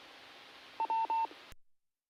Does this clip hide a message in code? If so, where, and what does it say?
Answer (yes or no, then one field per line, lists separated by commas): no